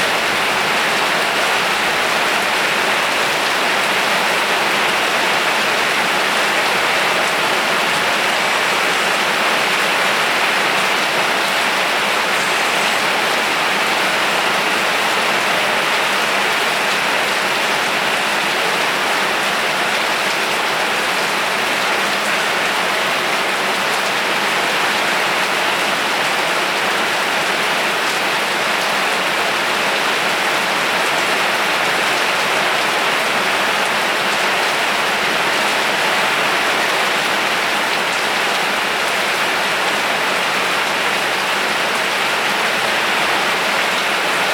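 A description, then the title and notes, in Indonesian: Steady, dense rain falls throughout, a constant hiss of countless drops with no pauses or changes in intensity. The sound is bright, concentrated in the upper range, with little low rumble and no other sounds standing out. Suara Hujan, Benar-benar Suara Hujan.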